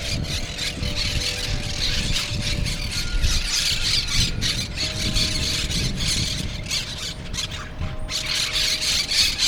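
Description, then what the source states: Monk parakeet calls, a steady stream of shrill squealing squawks from several birds, over low rumble and a faint humming tone. Brooklyn parrots.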